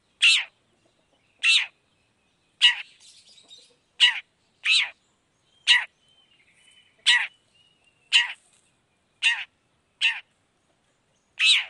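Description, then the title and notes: Long-tailed shrike giving harsh, scratchy downslurred notes, roughly one every second, with soft twittering between some of them. Long-tailed shrike singing varied 'toet toet' notes in the morning, played to provoke other shrikes into responding. "Cendet Gacor Dor Di Kala Pagi Toet Toet Variasi Suara. Cendet Gacor Langsung Nyaut Emosi Hanya dengan Sekali Putar Bikin Cendet Lainya Cepat Respon Bunyi. Burung cendet"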